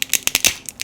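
A swappable plastic neck piece is pushed into the very tight torso of an SH Figuarts Captain America Final Battle Edition action figure from Avengers Endgame, producing a run of sharp plastic clicks and creaks. The neck piece clicks into place at 0.5 s and is seated, with a final faint click near 0.8 s.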